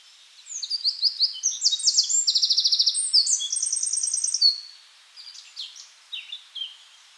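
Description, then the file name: Eurasian wren song, a loud, high, fast outpouring of sharp notes and rattling trills, then softer, scattered high notes near the end. "Troglodytes troglodytes"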